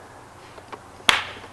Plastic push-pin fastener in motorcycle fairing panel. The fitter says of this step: we're just going to press the center of it until you hear it pop